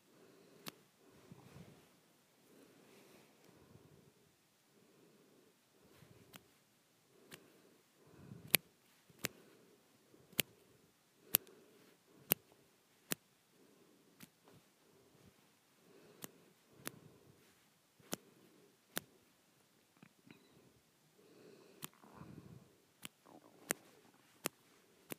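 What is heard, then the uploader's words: Soft, sharp snaps land at a steady, unhurried pace, roughly one or two a second, each a crisp click that stands out. Between them, slow, gentle breaths rise and fall in low, hushed puffs. ASMR Softly Snapping and Breathing.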